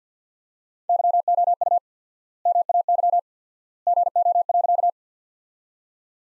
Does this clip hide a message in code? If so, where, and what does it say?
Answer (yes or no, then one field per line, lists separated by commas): yes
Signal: Morse code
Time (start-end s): 0.9-4.9 s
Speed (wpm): 50 wpm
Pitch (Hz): 700 Hz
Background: none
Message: YOU MAY GO.